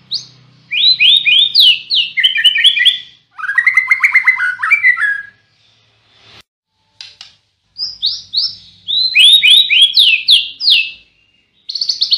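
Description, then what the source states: White-rumped shama song: rapid bursts of clear repeated notes and falling phrases separated by short pauses. Tutor song meant for training caged songbirds.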